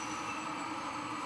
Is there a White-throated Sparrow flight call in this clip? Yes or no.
no